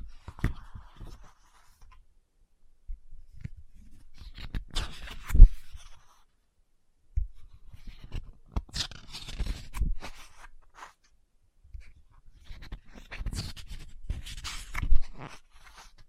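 Book tapping, scratching and page turning come in short bursts of sharp taps and rustles, separated by silent pauses around 2, 7 and 12 seconds.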